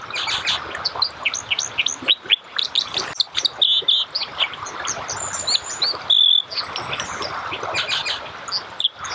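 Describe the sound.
Dipper song, a dense run of sharp chirps, trills and short whistles, varied and almost continuous, over a steady rushing background hiss.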